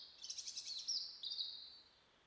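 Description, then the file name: European robin song phrase, a rapid high twittering run of sweet notes that slides onto a thin drawn-out tone near its end. "Erithacus rubecula"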